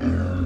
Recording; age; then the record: pig call; growing-finishing pig (85 days or more)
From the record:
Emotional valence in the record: negative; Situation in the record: barren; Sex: male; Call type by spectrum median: low-frequency call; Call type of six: low-frequency modulated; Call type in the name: low-frequency modulated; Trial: 2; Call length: 0.47 s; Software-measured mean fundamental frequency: 45 Hz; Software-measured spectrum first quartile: 91 Hz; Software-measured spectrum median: 196 Hz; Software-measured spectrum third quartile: 344 Hz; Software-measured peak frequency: 257 Hz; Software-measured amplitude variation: 90 dB a second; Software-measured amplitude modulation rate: 31.0 a second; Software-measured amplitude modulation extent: 2.9 dB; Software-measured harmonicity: -2.2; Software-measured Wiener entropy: -1.06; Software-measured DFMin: 780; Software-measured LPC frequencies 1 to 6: 274, 1446, 2570, 3369, 4658, 5577 Hz